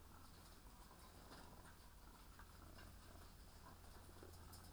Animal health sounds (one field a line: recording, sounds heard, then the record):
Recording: poultry house recording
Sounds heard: sick chickens (respiratory disease)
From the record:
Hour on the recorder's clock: 16